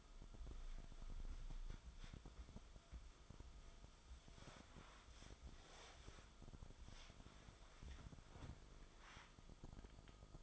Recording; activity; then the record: daily activity, microphone in the room; wipe stove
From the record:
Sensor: 5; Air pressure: 1004.9 hPa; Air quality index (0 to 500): 99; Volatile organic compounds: 2 ppm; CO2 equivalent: 1201 ppm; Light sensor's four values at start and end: 33/76/31/31 and 33/75/31/31